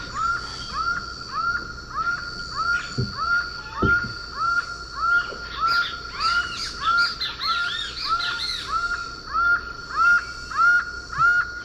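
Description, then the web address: Laughing falcon keeps up rhythmic hoarse notes while other birds add a burst of chirping and twittering midway; a couple of low thumps are heard early. Ecuador. "S America Birds of Ecuador. Laughing Falcon"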